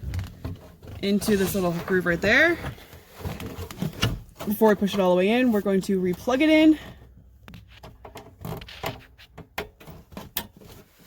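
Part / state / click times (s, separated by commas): wiring connector into the part's socket / seated / 10.4 s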